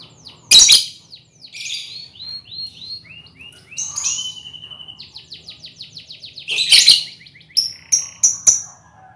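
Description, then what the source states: Lovebird song: loud shrill squawk, then a string of soft downslurred whistled notes and a rapid trill of repeated short chirps, ending with several sharp high squeaks. Lovebird ngekek song, used as a lure song (kicau pancingan).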